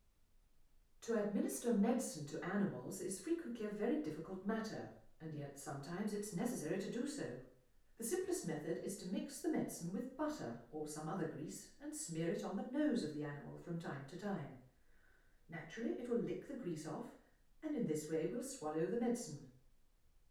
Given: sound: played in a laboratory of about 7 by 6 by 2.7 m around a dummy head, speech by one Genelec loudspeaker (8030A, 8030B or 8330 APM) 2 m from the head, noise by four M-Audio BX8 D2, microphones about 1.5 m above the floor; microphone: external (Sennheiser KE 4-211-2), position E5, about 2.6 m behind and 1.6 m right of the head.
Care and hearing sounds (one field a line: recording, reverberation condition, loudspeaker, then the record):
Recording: female speech in English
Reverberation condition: medium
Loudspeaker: 60 degrees to the left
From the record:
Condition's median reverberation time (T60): about 510 ms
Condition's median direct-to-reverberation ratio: about -0.5 dB